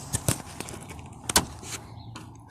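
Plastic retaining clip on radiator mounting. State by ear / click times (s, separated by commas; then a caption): released / 1.4 s. A flat screwdriver presses down on a plastic retaining clip on the radiator mounting of a 2006 Mitsubishi Endeavor during radiator removal. Several short ticks and clacks come before a sharp, bright click at 1.4 s, followed by another clack near the end. The click means the clip has released and come off.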